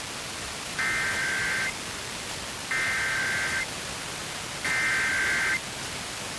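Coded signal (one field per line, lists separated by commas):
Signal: Emergency Alert System (SAME) tones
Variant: header bursts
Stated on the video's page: Long-distance FM reception via software-defined radio, with an antenna up a tree pointing east.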